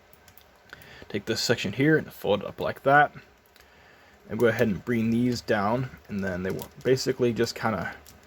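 Plastic panels on a custom Beast Wars Rhinox transforming action figure are handled and folded down toward the body while someone talks, with a few faint small clicks and taps. Nothing has seated or clicked into place yet.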